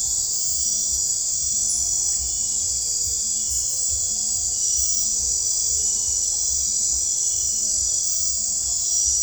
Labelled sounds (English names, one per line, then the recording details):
none
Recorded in dense forest near Puerto Asís, Putumayo, Colombia, on 15 December 2024 at 02:30
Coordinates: 0.499, -76.324
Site G045